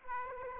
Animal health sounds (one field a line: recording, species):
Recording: mosquito wingbeat signal from an infrared sensor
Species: Aedes aegypti